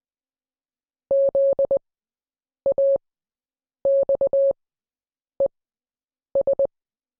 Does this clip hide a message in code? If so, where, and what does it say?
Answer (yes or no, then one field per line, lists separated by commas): yes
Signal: Morse code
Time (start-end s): 1.1-6.7 s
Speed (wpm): 20 wpm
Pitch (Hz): 550 Hz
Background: none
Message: ZAXES